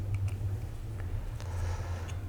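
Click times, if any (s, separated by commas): none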